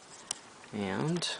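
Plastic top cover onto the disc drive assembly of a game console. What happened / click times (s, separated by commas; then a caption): Plastic top cover snaps back on / 0.3 s. A small plastic top cover is pressed back onto the disc drive assembly of a PS2 game console after its inside has been cleaned. A sharp tick at 0.3 s marks it snapping into place, and then someone talks.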